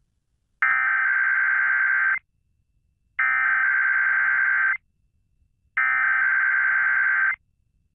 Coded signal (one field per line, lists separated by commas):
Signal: Emergency Alert System (SAME) tones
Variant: header bursts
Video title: KDKA Required Weekly Test (Halloween edition) (October 30, 2022) (EAS #679)